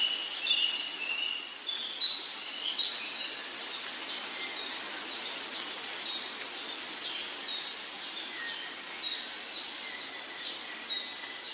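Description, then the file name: Birds calling: a steady series of high, sharp chirps repeated roughly every half second, with fainter lower whistles and continuous background hiss. Morning bird trills and songs. "Sons d oiseaux - Trilles et chants du matin"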